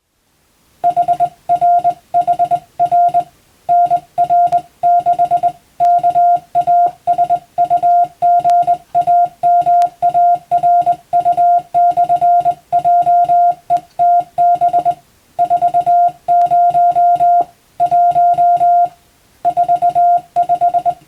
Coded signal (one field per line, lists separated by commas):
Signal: Morse code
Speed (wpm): 21 wpm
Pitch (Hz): 700 Hz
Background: music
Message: HRHR NR6 KASUGAMARU/JETB 40 1 45